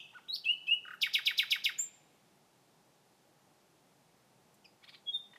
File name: Nachtigall Gesang